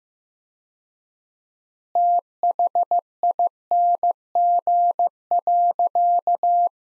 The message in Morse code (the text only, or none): THING.